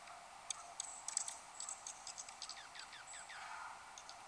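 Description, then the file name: Dark-eyed junco calls: a quick run of sharp, high ticks and short descending twitters, rather faint over a constant hiss. Recorded on 1 January 2015. "DEJU-1-Jan-2015"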